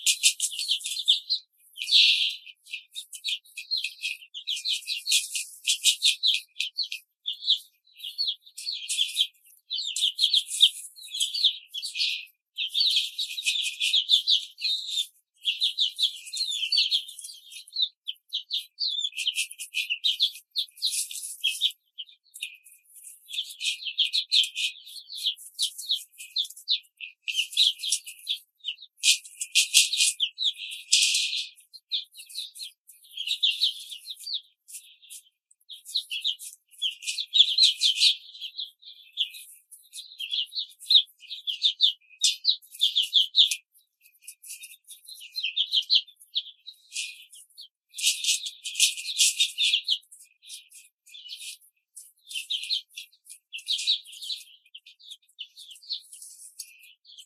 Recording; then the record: young laying hens in a cage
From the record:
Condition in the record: control cage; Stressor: none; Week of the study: 5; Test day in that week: 1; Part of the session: 4